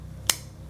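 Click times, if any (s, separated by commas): 0.3 s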